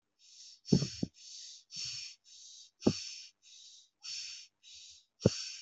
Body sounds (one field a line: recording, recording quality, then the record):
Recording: shallow breathing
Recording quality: excellent, no background noise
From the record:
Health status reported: respiratory illness, not identified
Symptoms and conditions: none ticked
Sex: male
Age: 29 years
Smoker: not ticked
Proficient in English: yes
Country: India